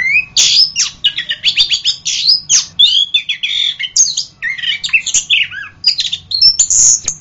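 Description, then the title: Orange-headed thrush delivering a continuous, rich medley of whistles, chattering notes and rasping sounds at a fast pace. "anis kembang"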